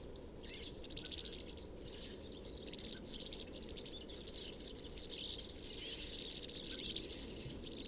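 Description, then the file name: European serin song, a high glassy jingling twitter starting after a short pause and continuing to the end. Recorded 22 January 2017 at Binsham. "Girlitz. Binsham. Susanne Rieck"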